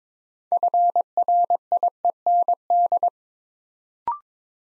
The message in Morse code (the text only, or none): FRIEND